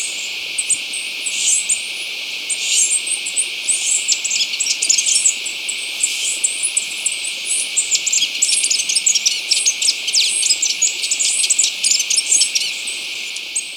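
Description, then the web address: Black-headed hemispingus song, a dense run of high, thin chattering notes and rapid twitters, continuing almost without pause and swelling in the middle and later part. Recorded in Ecuador. "Birds of Ecuador. Black-Headed Hemispingus"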